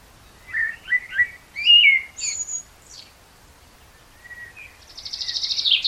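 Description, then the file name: Common blackbird song: several mellow fluted warbling notes and a few sharp high whistles, then a pause and a buzzy high trill that grows louder. "Turdus merula"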